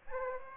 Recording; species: mosquito wingbeat signal from an infrared sensor; Aedes aegypti